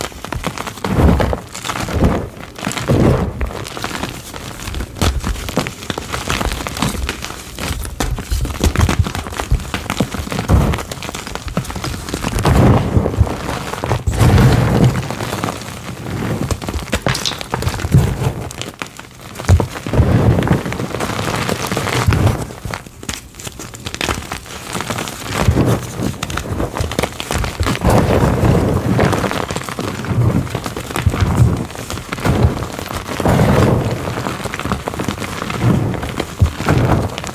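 Soft chalk blocks are crushed quickly and loudly, a dense run of crunchy, crumbly snaps and crinkles with barely a pause. Heavy low thuds from pressing hands recur every second or two, and brief quieter dips come near 15 and 22 seconds.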